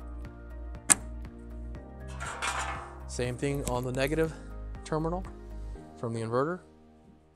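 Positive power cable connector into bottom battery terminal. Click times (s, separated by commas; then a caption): 0.9 s. The long positive power cable connector is pushed into the top terminal of the bottom battery and seats with a sharp click at 0.9 s. Someone talks over a steady background of music.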